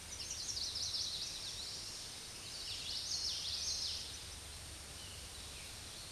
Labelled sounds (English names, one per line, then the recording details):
Common Yellowthroat song
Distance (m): 30 m
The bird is about 5 m below the microphone
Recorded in a Pennsylvania forest on 16 May 2024 at 06:22
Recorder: AudioMoth, point MSD-2304
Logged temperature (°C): 16.0 °C
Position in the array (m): 236 m, 173 m